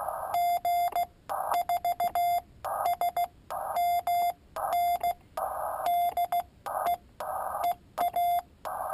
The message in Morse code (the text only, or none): G4SMN DE EA